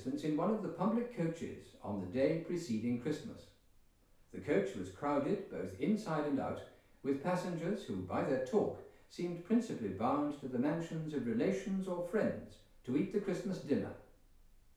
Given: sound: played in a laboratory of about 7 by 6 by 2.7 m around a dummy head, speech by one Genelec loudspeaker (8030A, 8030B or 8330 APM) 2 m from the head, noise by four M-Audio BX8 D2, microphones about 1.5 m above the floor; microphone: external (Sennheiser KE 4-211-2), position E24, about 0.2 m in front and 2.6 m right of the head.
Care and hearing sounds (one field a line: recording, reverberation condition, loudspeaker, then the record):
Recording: male speech in English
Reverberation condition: medium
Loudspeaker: 150 degrees to the left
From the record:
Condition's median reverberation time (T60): about 510 ms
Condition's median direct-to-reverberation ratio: about -0.5 dB